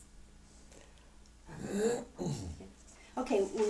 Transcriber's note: pauses and clears his throat